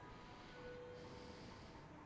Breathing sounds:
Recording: one breath in and out by a microphone near the nose and mouth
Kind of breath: normal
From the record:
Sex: male

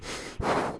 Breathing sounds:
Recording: one breath in and out by a microphone near the nose and mouth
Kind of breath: strong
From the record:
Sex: male

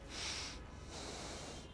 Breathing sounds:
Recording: one breath in and out by a microphone near the nose and mouth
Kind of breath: deep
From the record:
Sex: male

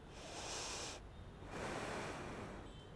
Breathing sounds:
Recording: one breath in and out by a microphone near the nose and mouth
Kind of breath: deep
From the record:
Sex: female

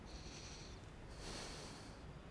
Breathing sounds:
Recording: one breath in and out by a microphone near the nose and mouth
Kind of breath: deep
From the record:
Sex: male

